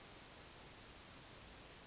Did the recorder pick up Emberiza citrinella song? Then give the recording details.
yes. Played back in forest. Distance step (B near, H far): G. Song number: 042